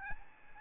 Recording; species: mosquito wingbeat signal from an infrared sensor; Aedes albopictus